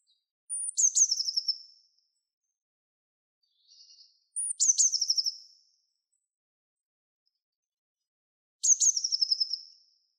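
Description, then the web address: Bird giving high, thin chirps that run into a rapid, descending trill, repeated three times with long pauses between them. "cianscape. Deverinetal"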